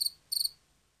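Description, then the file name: Field cricket song: two short, high, shrill chirps about a third of a second apart, then quiet. "markfårekylling"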